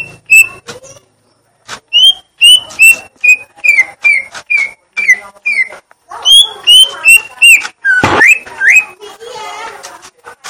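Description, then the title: Leafbird song: evenly spaced whistled notes, mostly flat then dipping, delivered about two to three per second, with a brief harsh burst late on. Song of the gledek (thunder) style. "Cucak Ijo Suara Gledek"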